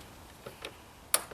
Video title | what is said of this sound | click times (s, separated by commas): 2008 - 2017 Buick Enclave Torque Strut Mount Replacement | you get to where you hear that click that is it stopping you that is tight enough | 1.1 s